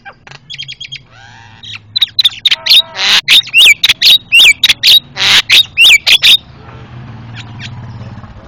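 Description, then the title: Javan myna giving a dense burst of harsh, rasping squawks mixed with clear whistled notes, then stopping, leaving a quieter background hiss. Very noisy calls, used as training audio for caged birds. "Jalak Kebo Master Suara Super Berisik Buat Masteran"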